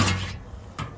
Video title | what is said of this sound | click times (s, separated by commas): 2023 Overland Ember 221MSL Orientation | Same thing, push, click. | 0.8 s